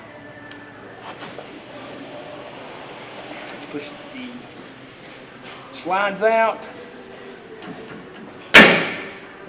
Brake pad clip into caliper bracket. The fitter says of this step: it pops into places like that right there